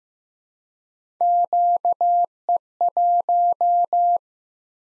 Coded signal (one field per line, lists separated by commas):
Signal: Morse code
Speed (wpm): 15 wpm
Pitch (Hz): 700 Hz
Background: none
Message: QE1